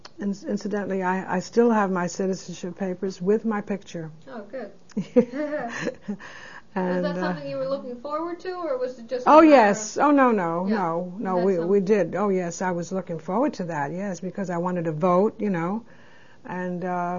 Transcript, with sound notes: incidentally I still have my citizenship papers with my picture. (They laugh.)
Was that something you were looking forward to or was it just a matter of--
Oh yes, oh no, no, no, we did, oh yes, I was looking forward to that, yes, because I wanted to vote, you know, and,